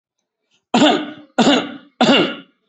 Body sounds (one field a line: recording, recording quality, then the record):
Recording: shallow voluntary cough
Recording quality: excellent, no background noise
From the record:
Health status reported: healthy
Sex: male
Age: 56 years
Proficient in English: yes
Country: India